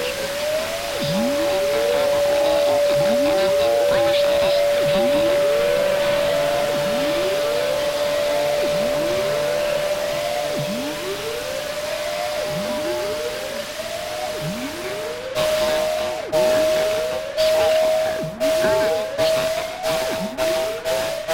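Radio wave exploration captured during a lunar eclipse: a steady mid-pitched tone holds throughout while rising, whistling sweeps repeat about every two seconds beneath it. Dense crackling static fills the background, and after about fifteen seconds sharp bursts of noise break in repeatedly.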